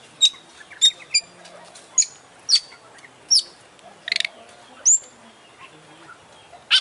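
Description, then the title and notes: Oriental magpie-robin song: spaced sharp notes at irregular intervals, with a short buzzy rattle and a high upslurred whistle. Champion bird in continuous song (gacor), a masteran selection. "Kacer Juara Gacor. Kumpulan Suara Burung Masteran Pilihan"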